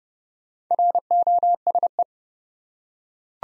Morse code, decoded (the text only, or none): ROSE